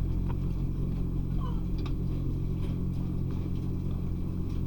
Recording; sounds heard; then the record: poultry house recording; sick chickens (respiratory disease)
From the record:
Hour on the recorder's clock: 3